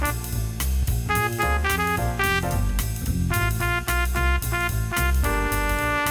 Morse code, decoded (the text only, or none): none